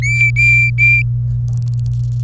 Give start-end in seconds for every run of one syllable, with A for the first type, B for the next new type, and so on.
0.02-1.02 A